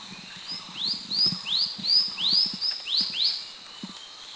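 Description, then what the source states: Scarlet minivet calls: a series of sweet, upslurred whistled notes rising to a high pitch, given in quick succession, with faint low knocking sounds beneath. Recorded in Mishmi, India.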